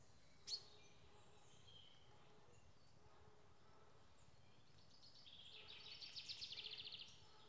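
Bird song: after a single sharp click and a quiet stretch, a fast, high, even trill builds and holds for about two seconds.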